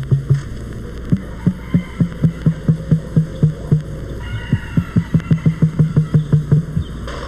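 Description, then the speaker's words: Emu drumming: deep, low thumping pulses repeated rapidly in two long runs separated by a short pause. Emu at a zoo; a strange thumping generated in its breast that sounds like nothing else in the world. "And this strange thumping the emu generates in its breast sounds like nothing else in the world."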